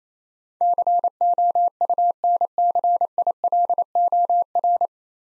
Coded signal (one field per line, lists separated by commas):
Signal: Morse code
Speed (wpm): 28 wpm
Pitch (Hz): 700 Hz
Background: none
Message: COUNCILOR